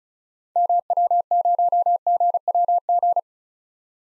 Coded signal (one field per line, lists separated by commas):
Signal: Morse code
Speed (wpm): 34 wpm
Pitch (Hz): 700 Hz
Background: none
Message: MW0GWG